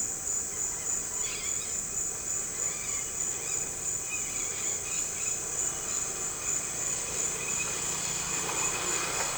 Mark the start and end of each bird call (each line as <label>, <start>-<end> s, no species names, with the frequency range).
bird call (1.5-5.6 kHz), 1.19-1.89 s
bird call (1.3-5.9 kHz), 2.58-5.42 s